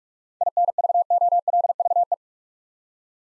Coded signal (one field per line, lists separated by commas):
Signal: Morse code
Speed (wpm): 41 wpm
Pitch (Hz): 700 Hz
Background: none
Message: INVOLVE